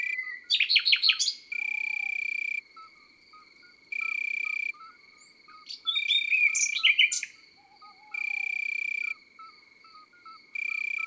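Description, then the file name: Common nightingale song in two varied phrases of rapid notes and whistles, alternating with regular one-second bursts of buzzing cricket trills and faint low calls. Countryside setting. "Rossignol philomele - Chants d'oiseaux dans la campagne"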